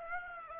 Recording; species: mosquito wingbeat signal from an infrared sensor; Aedes aegypti